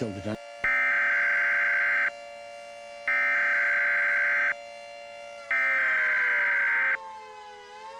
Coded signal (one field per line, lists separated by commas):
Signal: Emergency Alert System (SAME) tones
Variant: header bursts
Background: speech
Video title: EAS Scenario - Chemical Accident